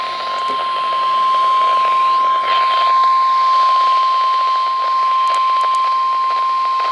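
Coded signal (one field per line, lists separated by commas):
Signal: Emergency Alert System (SAME) tones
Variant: 1050 Hz attention tone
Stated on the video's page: Severe weather alerts received on NOAA Weather Radio.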